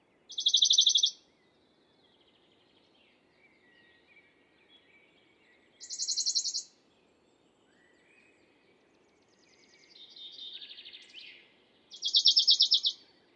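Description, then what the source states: Western Bonelli's Warbler singing brief, high, rattling trills, three in all at roughly six-second intervals, with a quieter phrase in between. Much simpler song, just a little vibrato; 2 June 2019 at La Carrière, Lesches-en-Diois, same shrub as a chaffinch minutes or hours apart; stereo recording, Mixpr3 recorder, MKH40 microphone.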